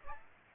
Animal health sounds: mosquito wingbeat signal from an infrared sensor; Aedes aegypti

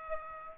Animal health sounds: mosquito wingbeat signal from an infrared sensor; Aedes aegypti

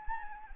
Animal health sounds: mosquito wingbeat signal from an infrared sensor; Anopheles arabiensis

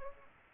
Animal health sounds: mosquito wingbeat signal from an infrared sensor; Aedes aegypti

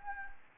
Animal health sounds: mosquito wingbeat signal from an infrared sensor; Anopheles gambiae

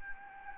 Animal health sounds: mosquito wingbeat signal from an infrared sensor; Anopheles gambiae

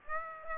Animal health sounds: mosquito wingbeat signal from an infrared sensor; Aedes aegypti

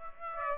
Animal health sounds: mosquito wingbeat signal from an infrared sensor; Aedes aegypti

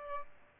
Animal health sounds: mosquito wingbeat signal from an infrared sensor; Aedes aegypti

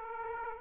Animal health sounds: mosquito wingbeat signal from an infrared sensor; Aedes aegypti

